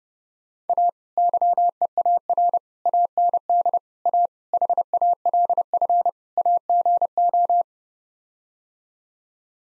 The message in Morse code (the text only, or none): A YEAR AND A HALF AGO